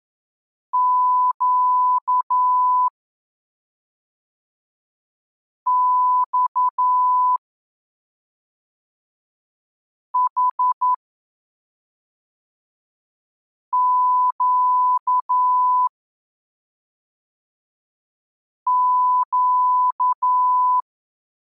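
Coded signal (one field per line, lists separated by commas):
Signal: Morse code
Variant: Russian alphabet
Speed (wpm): 10 wpm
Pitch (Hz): 1000 Hz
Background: none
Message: ЩЬХЩЩ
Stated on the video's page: Morse lesson 11 covering the Russian letters Щ Ц Ь Х Ш.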